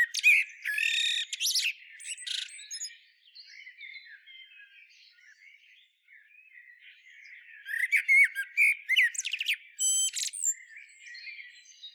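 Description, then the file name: Common blackbird warbling, opening with a busy high twitter, then quiet soft subsong, before a loud phrase of fluty notes and shrill squeaks. "Turdus merula"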